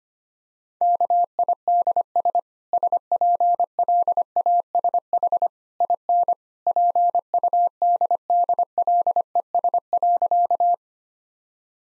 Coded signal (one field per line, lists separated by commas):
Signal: Morse code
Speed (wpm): 25 wpm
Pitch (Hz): 700 Hz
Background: none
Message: KIDS SPLASH IN PUDDLES.